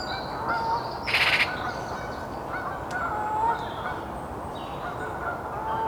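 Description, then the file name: Eurasian magpie giving one brief harsh rattle amid faint whistles and calls of other birds. "Pica pica"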